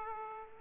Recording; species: mosquito wingbeat signal from an infrared sensor; Aedes aegypti